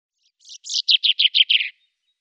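Common chaffinch giving about six short, slightly harsh chirps in an even run, dropping gently in pitch; nothing else audible.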